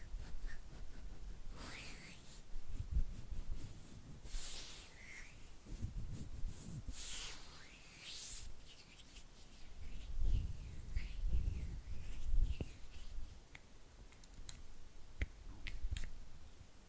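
Wet, slick hand sounds with fluttering finger movements, made of soft squelches and rubbing swishes in uneven bursts. Bright hissy sweeps stand out around 2, 4, 7 and 8 seconds, with low thumps and smacks clustered near 10 to 13 seconds and sharp ticks later.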